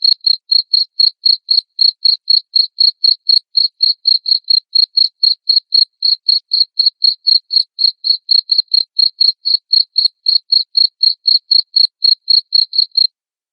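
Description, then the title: Cricket chirping, a high, even pulse of short chirps about four per second, steady for roughly thirteen seconds before stopping; no other sounds. Loud cricket chirping (ngerik) said to make lovebirds sing ngekek continuously. "Suara JANGKRIK NGERIK Keras Bikin LOVEBIRD Jadi NGEKEK Terus Vubey"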